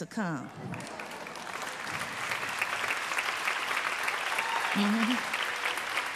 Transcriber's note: applause